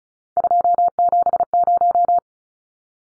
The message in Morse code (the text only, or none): 270